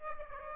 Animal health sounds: mosquito wingbeat signal from an infrared sensor; Aedes aegypti

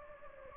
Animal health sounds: mosquito wingbeat signal from an infrared sensor; Anopheles gambiae

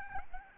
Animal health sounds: mosquito wingbeat signal from an infrared sensor; Aedes albopictus

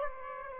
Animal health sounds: mosquito wingbeat signal from an infrared sensor; Aedes aegypti

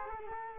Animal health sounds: mosquito wingbeat signal from an infrared sensor; Culex quinquefasciatus

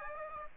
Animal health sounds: mosquito wingbeat signal from an infrared sensor; Aedes aegypti

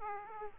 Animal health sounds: mosquito wingbeat signal from an infrared sensor; Aedes aegypti

